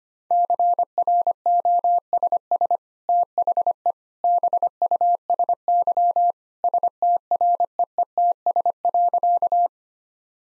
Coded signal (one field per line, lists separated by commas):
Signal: Morse code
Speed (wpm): 25 wpm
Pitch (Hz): 700 Hz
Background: none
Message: CROSS THE BUSY STREETS.